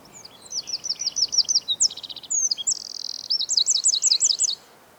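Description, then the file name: Eurasian wren song: a loud, high, rapid run of trilled notes with a buzzy middle section, racing on for over four seconds before stopping abruptly. "Troglodytes troglodytes"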